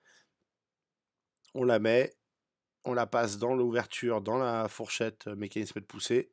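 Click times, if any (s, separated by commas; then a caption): none. On a BMW 3 Series, a new clutch release bearing is picked up and lined up in the opening of the gearbox release fork before being pressed on. Someone talks throughout, with short pauses between phrases. Nothing has seated or clicked yet.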